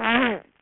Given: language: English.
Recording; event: throat vibration sensor signal played as sound; throat clearing